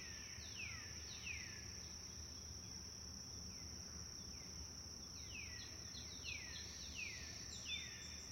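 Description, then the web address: Bird chirps, sharp falling notes in scattered clusters that thicken toward the end, with a continuous shrill insect whine and soft low rumble underneath. Forest birds chirping. "sound-effects-bible Forest Birds Chirp"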